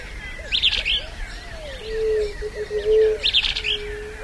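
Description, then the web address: Large elaenia singing short burry, chattering bursts of high notes, two phrases about three seconds apart, over low tonal notes. "cantos fiofiogran"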